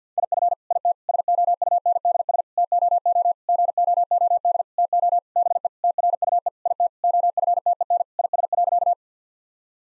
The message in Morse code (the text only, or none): IF IT SOUNDS TOO GOOD TO BE TRUE IT OFTEN IS.